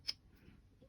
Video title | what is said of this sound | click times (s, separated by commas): How to Deep Clean Pilot Metropolitan Fountain Pen and Squeeze Converter | and you should hear that clicking sound, and you're good to go. | 0.1 s